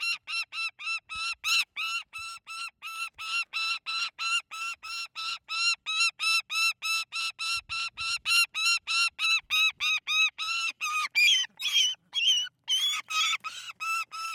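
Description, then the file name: Saker falcon screeching calls, harsh nasal notes repeated about three times a second in a long unbroken series, growing rougher and more strained toward the end. Individual named Tosia; high, nervous squawking, screeching and screaming calls. "Saker Falcon - Call, Squawk Screech Scream Cry, High Nervous"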